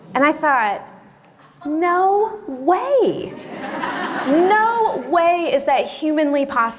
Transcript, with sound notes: And I thought, No way! (laughter) No way is that humanly possible.